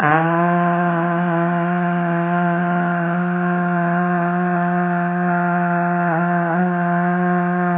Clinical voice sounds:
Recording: sustained vowel /a/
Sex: female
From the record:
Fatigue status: fatigue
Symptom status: symptomatic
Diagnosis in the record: COVID-19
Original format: 3gp

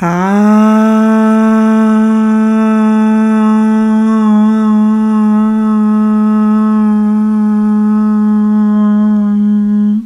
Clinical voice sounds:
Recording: sustained vowel /a/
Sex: female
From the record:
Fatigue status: fatigue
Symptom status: symptomatic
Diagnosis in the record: COVID-19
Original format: m4a

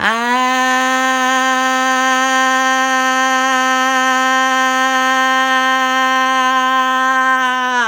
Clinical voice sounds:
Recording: sustained vowel /a/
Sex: female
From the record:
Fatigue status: no fatigue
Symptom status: asymptomatic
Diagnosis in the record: COVID-19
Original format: m4a

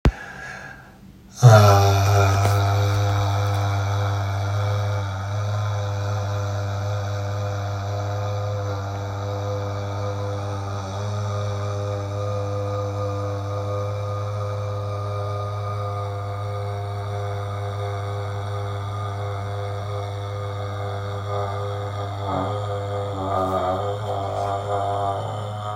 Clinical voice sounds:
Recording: sustained vowel /a/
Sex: male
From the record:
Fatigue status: no fatigue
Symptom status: symptomatic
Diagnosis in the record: COVID-19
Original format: m4a

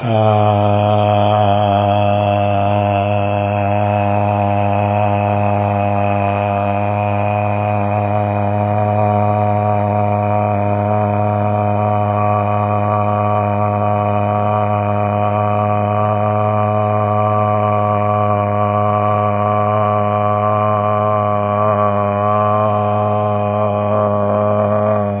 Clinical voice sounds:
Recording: sustained vowel /a/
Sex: male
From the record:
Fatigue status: no fatigue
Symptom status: symptomatic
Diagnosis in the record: COVID-19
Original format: 3gp

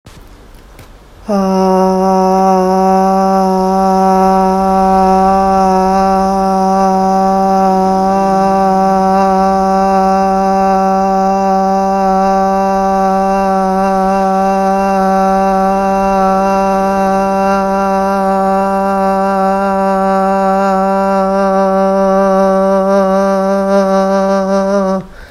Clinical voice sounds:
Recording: sustained vowel /a/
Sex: female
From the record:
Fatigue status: fatigue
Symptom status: symptomatic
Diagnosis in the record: COVID-19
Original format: m4a

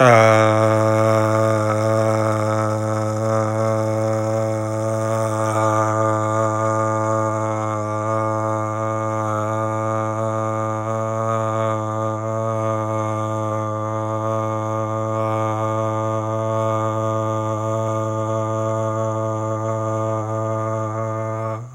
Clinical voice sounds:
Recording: sustained vowel /a/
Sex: male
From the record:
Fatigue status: fatigue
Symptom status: symptomatic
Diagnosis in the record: COVID-19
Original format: m4a

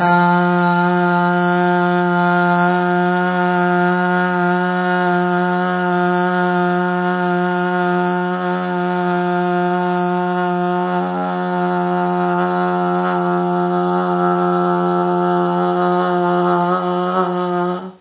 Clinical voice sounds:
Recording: sustained vowel /a/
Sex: female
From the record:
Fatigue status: no fatigue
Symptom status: symptomatic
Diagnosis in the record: COVID-19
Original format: 3gp

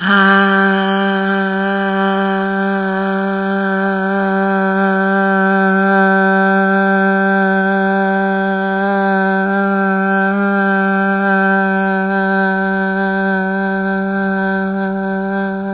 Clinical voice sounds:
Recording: sustained vowel /a/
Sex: female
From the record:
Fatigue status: fatigue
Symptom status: symptomatic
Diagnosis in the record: COVID-19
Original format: 3gp

